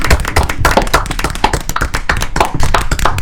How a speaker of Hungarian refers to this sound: Úgyhogy, srácok, én azt gondolom, hogy egy tapsot szerintem abszolút megér nektek. Úgyhogy így...